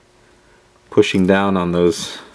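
A plastic clip-on part is being pushed down on its clipped ends to go back into the frame of a single-disc Clarion car CD player mechanism. Over a quiet background, someone talks for about a second starting near 0.9 s. Nothing has seated or clicked yet; the part is not yet home.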